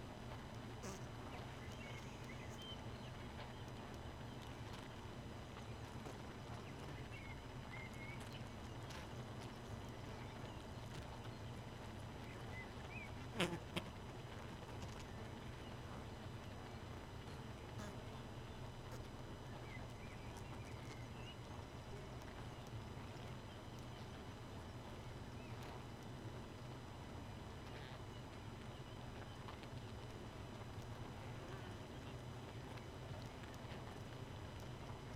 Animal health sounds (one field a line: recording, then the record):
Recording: honeybee colony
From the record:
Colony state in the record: missing queen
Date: 31 May 2018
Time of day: 2:53